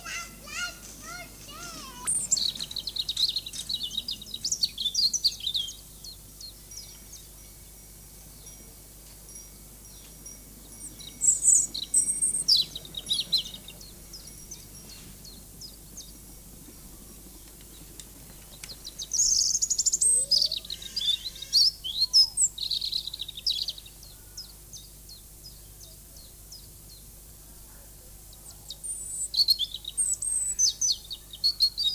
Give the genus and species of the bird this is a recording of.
Erithacus rubecula